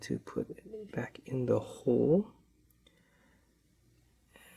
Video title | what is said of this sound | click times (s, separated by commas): Hamilton Field Khaki H70455133 Mini-Update + AR Coated Sapphire Crystal Swap! | And there you go. Oh, nope, that did not go in there just right. | none